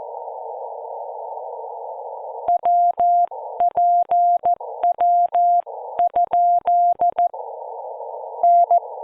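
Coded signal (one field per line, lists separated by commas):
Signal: Morse code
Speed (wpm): 16 wpm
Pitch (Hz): 690 Hz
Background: none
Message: WPW ? N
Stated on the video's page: 14 WPM CW from a Parks on the Air activation at Monterey State Beach, IC-705 at 10 W, homebrew EFHW inverted vee.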